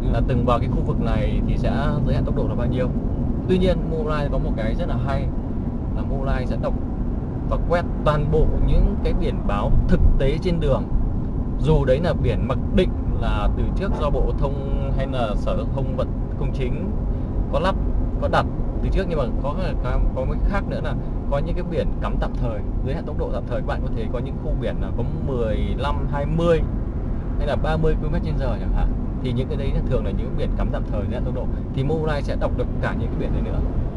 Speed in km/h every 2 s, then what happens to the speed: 45, 44, 43, 42, 40, 38, 38, 37, 36, 36, 35, 35, 35, 35, 35, 35, 35.
0-34 slows to 35.